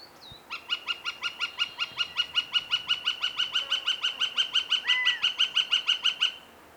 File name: Gilded Flicker